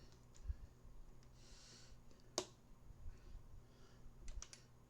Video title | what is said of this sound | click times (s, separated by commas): 08/25/25 Lego Speed Champions Summer 2025 Marathon all six cars! | I heard the snap. That piece was supposed to have | 2.4 s